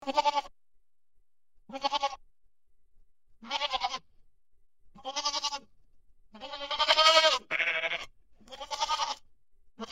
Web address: goat